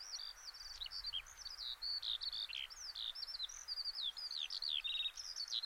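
Bird, high chirping calls: varied slurred and sharp notes that tumble rapidly one after another, some dipping lower, above a soft hiss.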